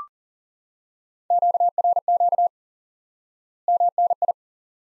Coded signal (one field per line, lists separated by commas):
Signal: Morse code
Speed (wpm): 40 wpm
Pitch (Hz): 700 Hz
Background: none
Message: QRQ MNI